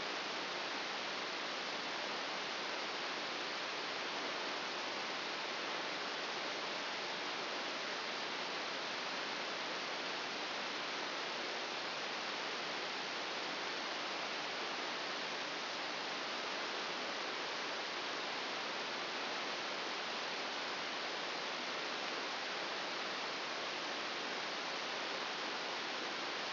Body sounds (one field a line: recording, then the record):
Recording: brain microelectrode recording played as sound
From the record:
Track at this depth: inside the subthalamic nucleus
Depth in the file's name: 3.502 mm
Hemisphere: left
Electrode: 1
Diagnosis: Parkinson's disease